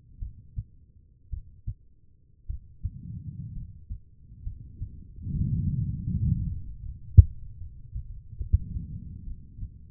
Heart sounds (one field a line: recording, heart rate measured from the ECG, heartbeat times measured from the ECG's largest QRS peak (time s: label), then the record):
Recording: heart sounds by stethoscope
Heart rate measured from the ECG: 66 bpm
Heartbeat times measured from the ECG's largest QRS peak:
0.19 s: heartbeat
1.30 s: heartbeat
2.47 s: heartbeat
3.54 s: heartbeat
4.44 s: heartbeat
5.31 s: heartbeat
6.09 s: heartbeat
6.83 s: heartbeat
7.59 s: heartbeat
8.38 s: heartbeat
9.25 s: heartbeat
From the record:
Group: healthy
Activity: rest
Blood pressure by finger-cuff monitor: 104/71 mmHg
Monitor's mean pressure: 84 mmHg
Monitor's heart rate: 67 bpm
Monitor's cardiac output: 4.6 L/min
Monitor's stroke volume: 83 mL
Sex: female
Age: 36 years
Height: 163 cm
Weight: 88 kg